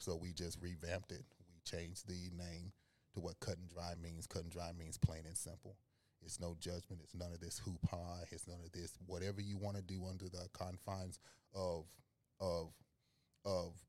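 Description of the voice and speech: Adult male speaker with a speech impediment, speaking with deliberately slowed words. Speech disfluency with word repetition: phrases are restarted, and a short word is repeated several times with pauses between.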